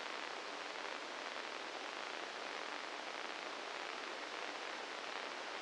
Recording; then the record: brain microelectrode recording played as sound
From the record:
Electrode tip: inside the subthalamic nucleus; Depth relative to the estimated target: 1 mm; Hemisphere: left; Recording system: NeuroSet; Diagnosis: Parkinson's disease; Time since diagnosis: 9 years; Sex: male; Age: 61 years